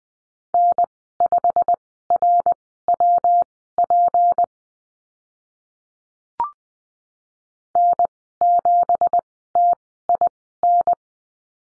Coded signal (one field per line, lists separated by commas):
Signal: Morse code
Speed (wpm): 20 wpm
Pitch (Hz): 700 Hz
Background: none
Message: N5RWP N7TIN